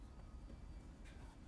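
A plastic FitcamX dash cam wiring harness connector is handled as it is pushed toward the rearview mirror-housing wiring connector on a RAM 1500, with low rumbling background noise and light rustling, plus a brief brighter burst of broadband noise around 1.0–1.1 seconds. The connector is not yet home, and nothing has seated or clicked yet.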